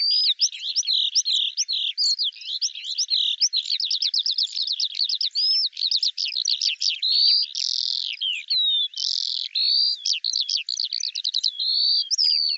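Eurasian skylark pouring out a dense, rich song of rapid trills, rattles, buzzy bursts and whistled slurs without stopping.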